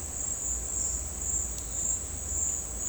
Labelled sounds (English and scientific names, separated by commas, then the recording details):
none
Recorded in dense forest near Puerto Asís, Putumayo, Colombia, on 18 December 2024 at 10:00
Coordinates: 0.466, -76.327
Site G075